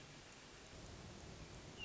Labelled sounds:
Hermit Thrush
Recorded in Sonoma County, California

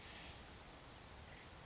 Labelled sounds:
Blue-gray Gnatcatcher
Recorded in Sonoma County, California

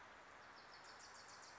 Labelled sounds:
Wilson's Warbler
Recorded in Sonoma County, California

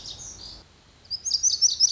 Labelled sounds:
Lazuli Bunting
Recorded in Sonoma County, California

